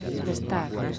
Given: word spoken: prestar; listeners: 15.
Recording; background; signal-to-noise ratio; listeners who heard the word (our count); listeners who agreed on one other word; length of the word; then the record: one Spanish word in noise, from a listening test; eight-talker babble; -0.9 dB; 3 of 15; 7 of 15; 0.59 s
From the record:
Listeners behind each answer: 7, 3, 2, 1, 1, 1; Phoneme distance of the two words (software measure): 14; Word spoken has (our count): 2 syllables, 7 phonemes, stress on syllable 2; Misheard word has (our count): 2 syllables, 5 phonemes, stress on syllable 2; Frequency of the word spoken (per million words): 16.23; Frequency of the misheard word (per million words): 303.37